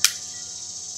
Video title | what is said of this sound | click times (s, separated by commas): Gas Can Modification - Part 2: Explosive Details! | you have to press this red latch in, hear it click | 0.0 s